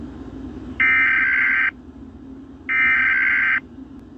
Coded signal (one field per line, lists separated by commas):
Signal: Emergency Alert System (SAME) tones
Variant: header bursts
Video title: Rating Eas Alarms